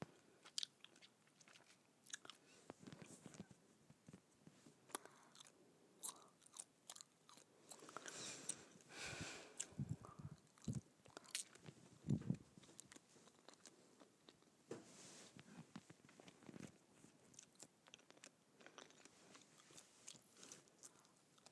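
Gum chewing with frequent wet, sticky clicks and smacks, irregular bursts, growing busier and louder around the middle, then steadying.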